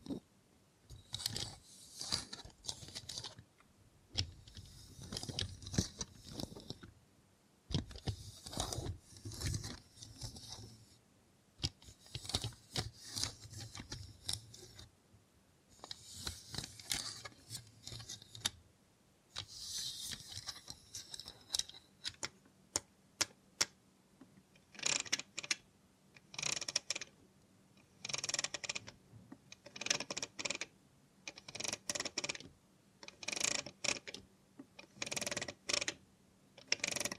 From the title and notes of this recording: Try ASMR with a Robot Hand (No Talking).